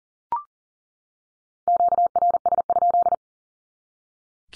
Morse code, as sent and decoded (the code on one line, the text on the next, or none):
--.- .-. ... ..--..
QRS?